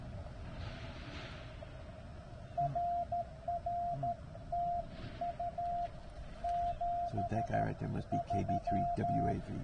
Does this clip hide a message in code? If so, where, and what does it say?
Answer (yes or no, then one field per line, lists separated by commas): yes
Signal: Morse code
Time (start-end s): 2.6-9.3 s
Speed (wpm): 13 wpm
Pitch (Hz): 690 Hz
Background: speech, music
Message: RR TU 73